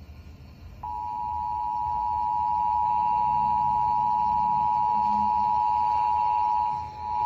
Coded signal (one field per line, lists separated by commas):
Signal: Emergency Alert System (SAME) tones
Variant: 853 and 960 Hz attention tone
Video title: [EAS #3061-#3062] Los Angeles RMT (7/30/24)